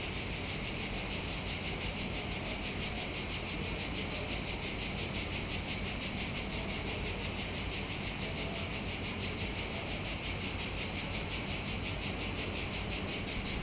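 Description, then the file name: Cicadas giving a dense, high, steady buzz with regular rapid pulses, about three per second, unbroken for the whole stretch. Cicadas recorded in a tunnel. "freesound cicadas"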